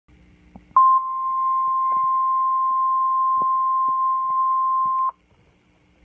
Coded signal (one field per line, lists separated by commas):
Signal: Emergency Alert System (SAME) tones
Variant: 1050 Hz attention tone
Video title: *READ DISCRIPTION* thecat627's 1st EAS Scenario: Zombie Attacks